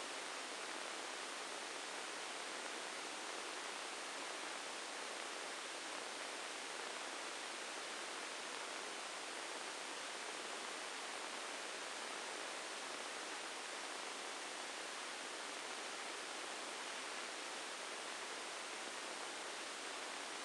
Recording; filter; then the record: brain microelectrode recording played as sound; spike band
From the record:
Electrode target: subthalamic nucleus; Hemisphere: right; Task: reaching with the left hand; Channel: 1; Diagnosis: Parkinson's disease